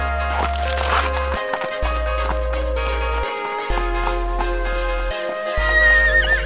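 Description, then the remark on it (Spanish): Horses whinny and neigh over a steady low droning backdrop that cuts out briefly several times, with faint hoofbeats and a wavering high-pitched whinny rising near the end. “¿Habéis contemplado la belleza que refleja los caballos galopando en la pradera?”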